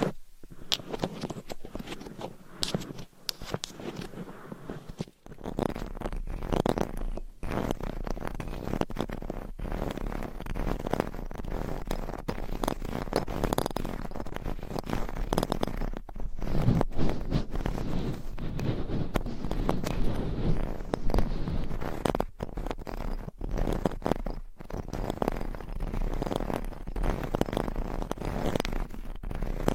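Scratching and tapping with nails and assorted items make a dense, busy stream of rough scraping strokes and quick clicks. The texture stays fairly even, with brief pauses near 5, 7, 16 and 24 seconds and slightly fuller stretches around 20 seconds.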